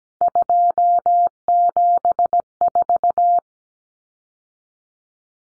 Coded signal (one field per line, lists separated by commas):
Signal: Morse code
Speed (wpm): 17 wpm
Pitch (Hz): 700 Hz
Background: none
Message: 274